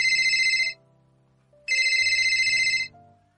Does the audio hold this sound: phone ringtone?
yes